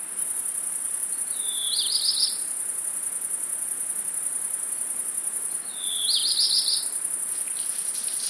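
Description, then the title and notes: Great Green Bush-cricket song: a steady, very high sizzling buzz. Two short chirpy bird phrases sound over it. First of the year, several individuals singing in Virginia creeper covering a house, 700 m altitude, late afternoon into evening, from a balcony, Fourcinet, Drôme, 9 July 2018. "Fourcinet - Drôme. Rencontre avec les premières Grandes Sauterelles vertes"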